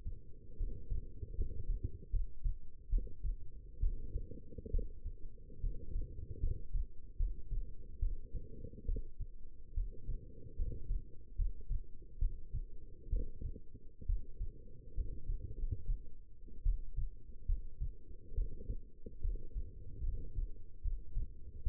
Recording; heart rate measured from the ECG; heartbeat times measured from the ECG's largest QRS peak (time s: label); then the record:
heart sounds by stethoscope; 71 bpm
0.57 s: heartbeat
1.35 s: heartbeat
2.10 s: heartbeat
2.89 s: heartbeat
3.80 s: heartbeat
4.71 s: heartbeat
5.60 s: heartbeat
6.40 s: heartbeat
7.17 s: heartbeat
7.99 s: heartbeat
8.85 s: heartbeat
9.74 s: heartbeat
10.55 s: heartbeat
11.35 s: heartbeat
12.19 s: heartbeat
13.09 s: heartbeat
14.06 s: heartbeat
14.94 s: heartbeat
15.55 s: heartbeat
16.63 s: heartbeat
17.46 s: heartbeat
18.34 s: heartbeat
19.21 s: heartbeat
20.03 s: heartbeat
20.81 s: heartbeat
21.63 s: heartbeat
From the record:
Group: healthy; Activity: rest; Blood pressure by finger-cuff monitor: 121/78 mmHg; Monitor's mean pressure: 91 mmHg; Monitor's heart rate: 70 bpm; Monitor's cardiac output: 6 L/min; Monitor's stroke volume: 85 mL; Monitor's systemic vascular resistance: 1100 dyn s/cm5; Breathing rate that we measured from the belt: 13 breaths a minute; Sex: female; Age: 22 years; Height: 171 cm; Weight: 65.6 kg